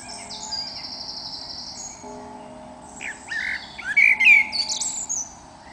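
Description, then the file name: Eurasian blackbird song: a thin, high, drawn-out whistle opens, then after a pause comes a phrase of fluty notes and a rising squeaky flourish, over a constant background hum. "Turdus merula"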